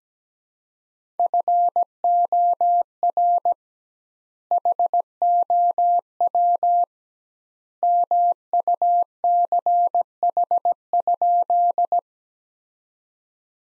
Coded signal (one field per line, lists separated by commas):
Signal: Morse code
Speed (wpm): 17 wpm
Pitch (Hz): 700 Hz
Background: none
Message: FOR HOW MUCH?